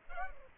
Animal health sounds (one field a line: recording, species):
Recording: mosquito wingbeat signal from an infrared sensor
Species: Culex pipiens